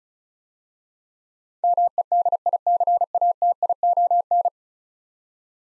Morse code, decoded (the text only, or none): MEDICATION